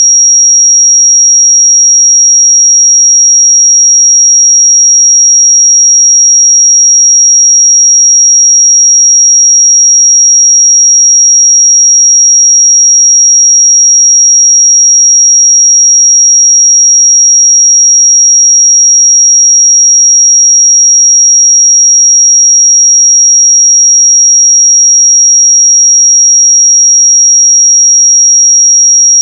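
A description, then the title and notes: A pure 5653 Hz sine tone holds perfectly steady for the whole half minute, a single thin, high, piercing whistle with no wavering. Its loudness never changes, and nothing else is audible behind it. 5653 Hz 1 Hz Interval Sine Pure Tone Frequency 441000 Sample Mono.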